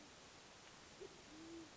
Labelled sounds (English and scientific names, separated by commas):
Band-tailed Pigeon (Patagioenas fasciata)